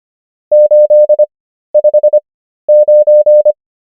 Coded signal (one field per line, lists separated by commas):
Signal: Morse code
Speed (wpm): 25 wpm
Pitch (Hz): 600 Hz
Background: none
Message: 859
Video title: morse code practice | 25wpm | 13fw | numbers | ENGLISH